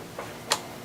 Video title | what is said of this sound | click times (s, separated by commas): Fuel Rail and Injectors Install (Part 75) - BMW 2004 325 XI Engine Rebuild | all right went I heard it snap on okay | 0.5 s